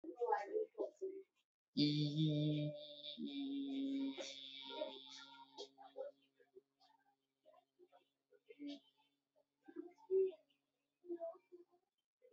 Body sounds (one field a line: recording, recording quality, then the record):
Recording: sustained vowel as in beet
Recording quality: excellent, no background noise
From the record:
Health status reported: recovered from COVID-19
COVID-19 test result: negative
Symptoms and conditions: none ticked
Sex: male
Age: 28 years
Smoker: not ticked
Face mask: worn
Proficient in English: yes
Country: India